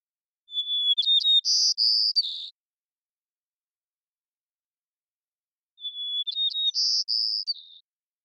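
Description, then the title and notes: White-crowned sparrow song, two full phrases about five seconds apart, each a long clear whistle followed by quick notes and buzzy trills, on a silent background. Washington, Pacific Northwest, United States; long performance of repeated song; parabolic recording, processed for clarity with natural pace, rhythm and dynamics kept. "White-crowned Sparrow, Zonotrichia leucophrys, long performance with repeated song, parabolic recording, clean-processed for clarity, natural pace, rhthym, and dynamics maintained, family: New World Sparrows Recorded in the beautiful Pacific Northwest, Washington, United States"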